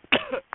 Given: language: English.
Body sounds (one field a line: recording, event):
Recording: throat vibration sensor signal played as sound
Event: cough